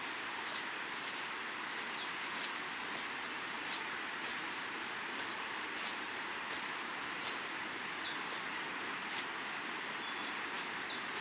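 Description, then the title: Scale-throated Hermit repeating high, piercing squeaky notes in a fairly even series against a faint background hiss. Subspecies Phaethornis eurynome eurynome, assigned from location. "LuckyPassaro Completos2Sama. Scale-throated Hermit (Phaethornis eurynome eurynome (ssp assumed from location))"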